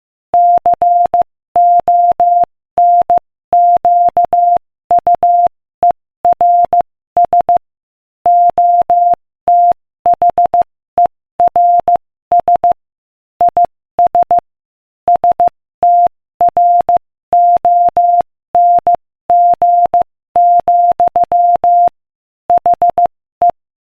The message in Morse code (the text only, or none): CONQUERS OTHERS IS STRONG, HE